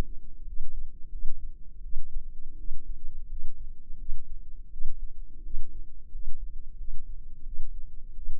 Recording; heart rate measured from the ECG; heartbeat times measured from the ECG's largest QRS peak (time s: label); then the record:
heart sounds by microphone in the left ear; 86 bpm
0.45 s: heartbeat
1.10 s: heartbeat
1.81 s: heartbeat
2.56 s: heartbeat
3.28 s: heartbeat
3.97 s: heartbeat
4.69 s: heartbeat
5.42 s: heartbeat
6.10 s: heartbeat
6.76 s: heartbeat
7.44 s: heartbeat
8.14 s: heartbeat
From the record:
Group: healthy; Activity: rest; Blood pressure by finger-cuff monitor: 118/64 mmHg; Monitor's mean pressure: 85 mmHg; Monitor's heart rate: 87 bpm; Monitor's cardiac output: 7.8 L/min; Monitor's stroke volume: 90 mL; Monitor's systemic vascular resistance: 810 dyn s/cm5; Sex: female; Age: 24 years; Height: 163 cm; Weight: 55.7 kg